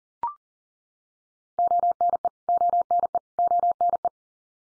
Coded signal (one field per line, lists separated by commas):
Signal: Morse code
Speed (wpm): 40 wpm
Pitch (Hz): 700 Hz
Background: none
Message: ONE ONE ONE